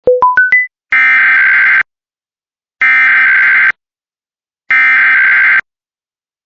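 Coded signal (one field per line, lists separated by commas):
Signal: Emergency Alert System (SAME) tones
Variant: header bursts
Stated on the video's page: Required Weekly Test with Pennsylvania Required Monthly Test voice.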